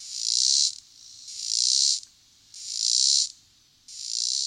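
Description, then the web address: Robinson's cicada song: loud, harsh buzzing bursts about half a second to a second long, repeated with short gaps, each swelling then cutting off sharply. "The Songs of Insects. Robinson's Cicada"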